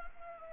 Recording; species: mosquito wingbeat signal from an infrared sensor; Anopheles arabiensis